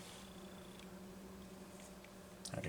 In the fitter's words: tell you right now it's not seated all the way